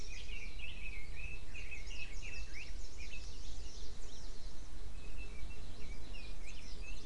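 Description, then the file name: Birds chirping, many short rising and falling notes overlapping in a busy chorus throughout, over a steady low rumble of background noise. "mainly bird"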